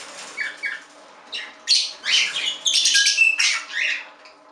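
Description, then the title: Budgerigar warbling, a quick run of scratchy chirps, squeaks and clipped whistles with a busier stretch in the middle. "Budgie Sounds"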